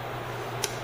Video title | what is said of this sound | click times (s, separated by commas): How To Replace the Hard Drive on PC | press it down and it'll just click in then you're going to want to reattach your | 0.6 s